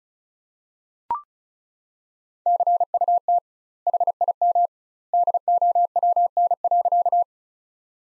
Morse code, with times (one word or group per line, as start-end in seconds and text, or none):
2.5-3.4 CUT
3.9-4.7 HIM
5.1-7.2 DOWN.